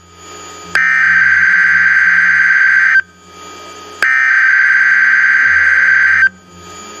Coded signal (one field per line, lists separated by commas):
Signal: Emergency Alert System (SAME) tones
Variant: header bursts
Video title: 4 Scariest Emergency Broadcasts & EAS Alerts (Vol. 1)